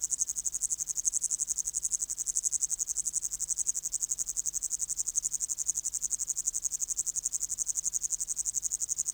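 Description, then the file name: Upland green bush-cricket, a continuous high buzzing song made of quick, evenly spaced pulses, without any break. "Tettigonia cantans"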